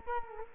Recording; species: mosquito wingbeat signal from an infrared sensor; Culex quinquefasciatus